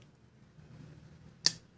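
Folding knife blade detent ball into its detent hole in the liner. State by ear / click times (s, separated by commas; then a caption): seated / 1.5 s. The steel blade of a Petrified Fish Victor K110 linerlock folding knife is swung closed, and its detent ball drops into the detent hole in the liner with one sharp, bright click at 1.5 s after quiet low handling noise. The blade seats with a clean click, no detent lash and nothing loose.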